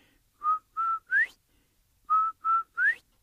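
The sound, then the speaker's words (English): A clear human whistle gives a three-note call twice: two steady, level notes and then a quick upward-sliding note, with a short pause between the phrases and no talking. “So … takes a couple steps back, and he makes that beautiful sound again.”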